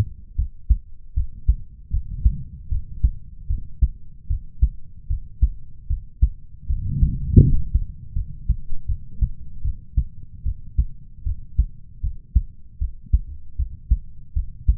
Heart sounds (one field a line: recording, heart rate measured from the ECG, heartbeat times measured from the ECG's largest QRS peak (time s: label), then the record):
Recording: heart sounds by stethoscope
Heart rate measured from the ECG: 77 bpm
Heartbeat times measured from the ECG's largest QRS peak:
0.35 s: heartbeat
1.14 s: heartbeat
1.90 s: heartbeat
2.69 s: heartbeat
3.47 s: heartbeat
4.27 s: heartbeat
5.07 s: heartbeat
5.87 s: heartbeat
6.66 s: heartbeat
7.40 s: heartbeat
8.13 s: heartbeat
8.86 s: heartbeat
9.62 s: heartbeat
10.43 s: heartbeat
11.23 s: heartbeat
12.00 s: heartbeat
12.78 s: heartbeat
13.56 s: heartbeat
14.33 s: heartbeat
From the record:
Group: healthy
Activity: rest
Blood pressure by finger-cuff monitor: 92/66 mmHg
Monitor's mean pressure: 75 mmHg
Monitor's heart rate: 77 bpm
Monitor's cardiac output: 5.8 L/min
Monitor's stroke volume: 75 mL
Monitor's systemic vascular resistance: 920 dyn s/cm5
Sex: male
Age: 20 years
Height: 187 cm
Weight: 68.9 kg